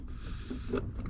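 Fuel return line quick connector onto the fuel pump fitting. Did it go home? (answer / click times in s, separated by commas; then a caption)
no / none. A fuel return line quick connector is forced onto its fuel pump fitting under the car, with low rumbling and a few brief handling knocks and scrapes. The connector has not clicked or seated yet by the end of the clip.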